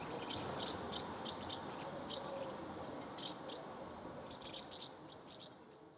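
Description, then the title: Swallows giving quick high chirps in loose bursts, fading slightly toward the end, over a quiet steady background. Recorded at Villefranche-du-Périgord, France. "1 Rue Notre Dame, 24550 Villefranche-du-Périgord, France - Swallows - Hirondelles"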